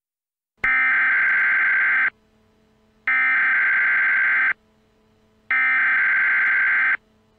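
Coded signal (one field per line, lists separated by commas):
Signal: Emergency Alert System (SAME) tones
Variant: header bursts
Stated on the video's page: Simulated EAS scenario, fictional.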